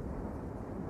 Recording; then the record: background sound without coughing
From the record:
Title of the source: Train Ride Ambience ambient white noise for sleeping, focus, studying, reading